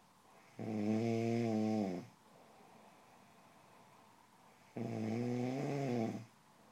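Two loud, tonal, buzzing snores from an adult sleeper, each lasting about a second and a half, separated by a quiet pause of roughly three seconds.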